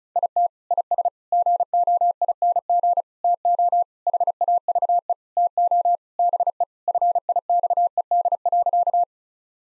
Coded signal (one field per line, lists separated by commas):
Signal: Morse code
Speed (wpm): 36 wpm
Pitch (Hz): 700 Hz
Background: none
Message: IT IS GOING TO HAVE TO BE FIXED.